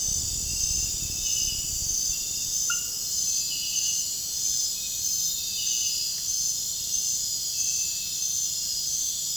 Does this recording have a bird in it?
no